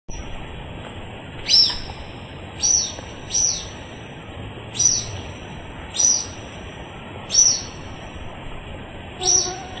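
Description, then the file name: Social flycatcher giving several sharp, high, clipped calls, spaced a second or more apart, against a faint steady background hiss. Recorded at Reserva Surucua on 2 May 2014. "Myiozetetes-similis--- 2014-05-02-Reserva-Surucua---Jorge-La-Grotteria"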